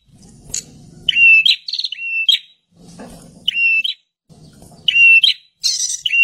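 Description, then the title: Bird calling with short whistled notes near one pitch, in several separate phrases, with lower murmuring sounds between them. "Kicau Burung"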